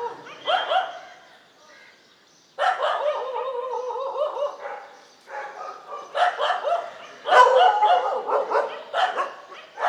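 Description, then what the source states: Dogs barking in a noisy chorus, ragged overlapping barks with a pause near two seconds, then a sustained stretch of repeated barking. Several dogs barking together in morning street ambience on Mission Street, MG Road area, Puducherry, India.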